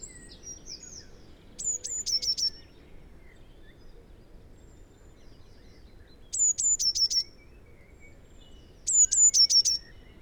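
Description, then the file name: Eurasian blue tit song phrases, each two high sustained whistles then a short fast trill, repeated three times several seconds apart over a quiet background. "Cyanistes caeruleus"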